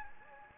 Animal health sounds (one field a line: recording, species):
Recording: mosquito wingbeat signal from an infrared sensor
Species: Anopheles gambiae